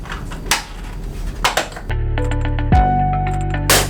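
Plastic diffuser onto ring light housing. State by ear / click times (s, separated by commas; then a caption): seated / 0.5 s, 1.5 s, 3.7 s. A plastic snap-on diffuser is pressed onto the first section of a Spectrum 50cm Fluorescent Diva Ring Light, its small latches clipping over the ring housing. Sharp snaps are heard at 0.5, 1.5 and 3.7 seconds, with background music playing from about 1.9 seconds. The diffuser seats in place on the ring light.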